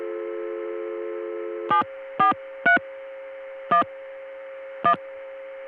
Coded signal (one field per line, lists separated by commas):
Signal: DTMF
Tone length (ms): 110 ms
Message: 74311